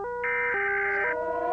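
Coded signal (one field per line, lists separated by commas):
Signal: Emergency Alert System (SAME) tones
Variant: header bursts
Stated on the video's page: Fictional, fake EAS scenario.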